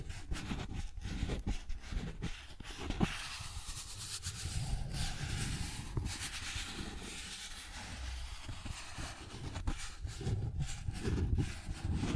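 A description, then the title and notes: Cardboard being scratched and rubbed in continuous rough strokes, with a dense low rumble and sharper scraping bursts near three, six and eleven seconds. ASMR Cardboard Scratching, Tracing, Tearing (No Talking).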